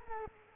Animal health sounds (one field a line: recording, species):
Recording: mosquito wingbeat signal from an infrared sensor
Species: Culex quinquefasciatus